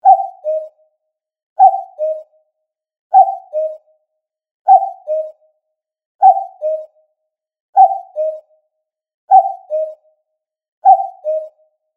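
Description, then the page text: Common cuckoo's hollow two-note call, higher note then lower, repeated regularly about every one and a half seconds in otherwise total quiet. "カッコウの鳴き声-sound-HIRingtone"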